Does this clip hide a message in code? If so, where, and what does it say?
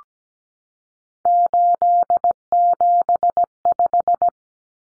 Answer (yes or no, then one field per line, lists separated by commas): yes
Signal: Morse code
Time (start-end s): 1.3-4.3 s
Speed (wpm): 17 wpm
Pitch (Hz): 700 Hz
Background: none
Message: 875